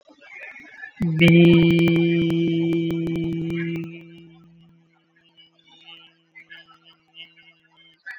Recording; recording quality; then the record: sustained vowel as in beet; moderate, slight background noise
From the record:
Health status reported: COVID-19 positive, mild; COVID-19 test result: positive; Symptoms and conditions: cough, breathing difficulty, sore throat, fever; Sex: male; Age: 35 years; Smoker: not ticked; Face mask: not worn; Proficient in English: yes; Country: India